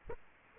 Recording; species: mosquito wingbeat signal from an infrared sensor; Aedes aegypti